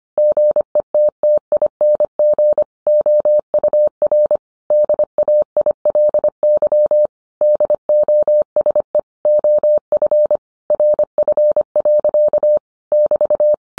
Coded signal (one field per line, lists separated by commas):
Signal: Morse code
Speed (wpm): 25 wpm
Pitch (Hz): 600 Hz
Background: none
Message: GETTING OUR DAILY DOSE OF RF. <BT>